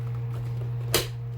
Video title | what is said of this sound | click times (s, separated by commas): Hercules Impact is NOT Worth Buying | Yeah, that snaps into place. | 0.9 s